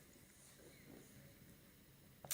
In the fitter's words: Once you do, it clips into place. And the same for the foot plate.